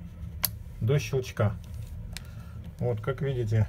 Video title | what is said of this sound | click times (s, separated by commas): For Enriko S. | немножечко углубляем поворачивал против часовой стрелке до щелчка | 0.5 s